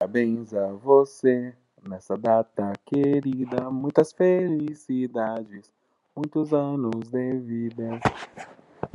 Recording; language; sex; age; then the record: short text; Brazilian Portuguese; male; 20 to 29 years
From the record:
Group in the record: control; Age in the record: 28 years